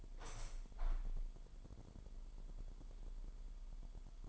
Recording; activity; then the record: daily activity, microphone in the room; open window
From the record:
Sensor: 5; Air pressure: 998.6 hPa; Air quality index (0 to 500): 102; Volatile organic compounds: 2 ppm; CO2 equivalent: 1186 ppm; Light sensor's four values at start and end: 35/86/36/40 and 35/86/36/40